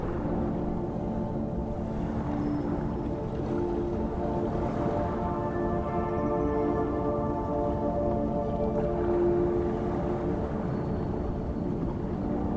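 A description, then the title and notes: Slow, soft music with long sustained tones drifting in the low and middle range, a few notes swelling and fading around the middle and near the end. A steady, dense low rumble like ocean water runs underneath at an even level throughout. Eight hours of soothing sleep music and calming ocean waves. From gentle symphonic melodies to the rhythmic crashing of waves on the shore.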